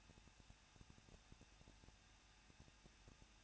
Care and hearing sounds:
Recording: daily activity, microphone in the room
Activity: no activity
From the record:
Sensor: 2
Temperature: 21.0 degrees Celsius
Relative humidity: 37.3%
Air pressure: 1006.2 hPa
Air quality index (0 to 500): 221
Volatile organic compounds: 24 ppm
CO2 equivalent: 2797 ppm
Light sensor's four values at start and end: 2/3/2/2 and 2/3/2/2

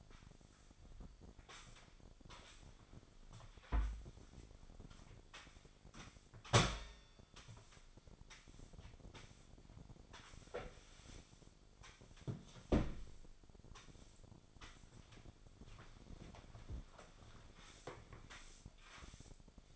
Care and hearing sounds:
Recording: daily activity, microphone in the room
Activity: sweep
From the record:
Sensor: 5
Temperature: 26.3 degrees Celsius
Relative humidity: 38.1%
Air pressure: 1007.1 hPa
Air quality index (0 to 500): 179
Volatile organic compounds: 5 ppm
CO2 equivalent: 1708 ppm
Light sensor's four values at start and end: 55/158/61/61 and 53/148/58/58

